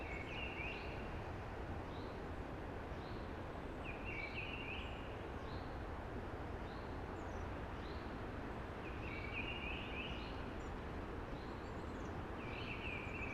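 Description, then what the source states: Eurasian blackbird, several fluting song phrases with short gaps over a steady broad rushing noise. Early blackbird singing amongst hushing conifers.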